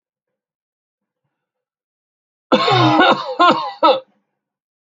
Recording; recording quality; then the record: heavy voluntary cough; excellent, no background noise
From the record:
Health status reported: healthy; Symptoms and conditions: none ticked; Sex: male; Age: 22 years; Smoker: not ticked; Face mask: not worn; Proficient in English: yes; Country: India